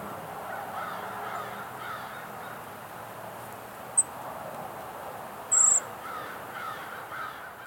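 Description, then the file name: Brown creeper giving thin, very high-pitched call notes, one short and one longer, over a steady backdrop of crow-like cawing. "Certhia americana - Brown Creeper"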